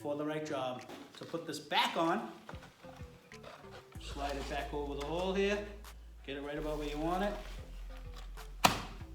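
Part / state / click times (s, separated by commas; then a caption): sanding belt tension lever on belt sander / seated / 8.6 s. Someone talks over background music while sliding a new sanding belt back over the rollers of a belt sander and pushing the tension lever back in. A sharp click at 8.6 seconds marks the lever locking the belt in place.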